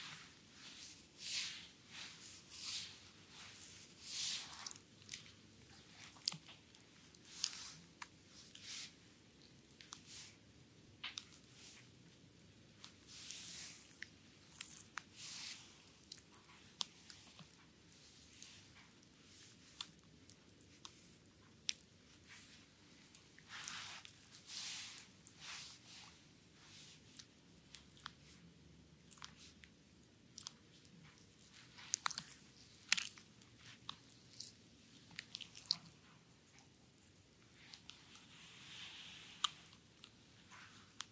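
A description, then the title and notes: Wet squishing and rubbing sounds come from a belly massage. Short, bright squelches come irregularly, often in quick clusters a few times a second, over a soft low rumble, with brief lulls between bursts. ASMR Visceral Front Massage (stomach, belly, abdominal) . Asian style asmr.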